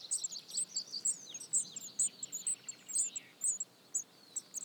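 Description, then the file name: Eurasian blue tit calls: scattered high, thin chirps and a few lower slurred notes, heard over a steady background hiss. "Cyanistes caeruleus"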